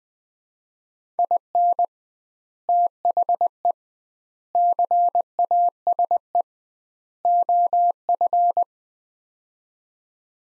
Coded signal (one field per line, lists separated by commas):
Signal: Morse code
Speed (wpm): 20 wpm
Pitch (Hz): 700 Hz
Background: none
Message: IN THE CASE OF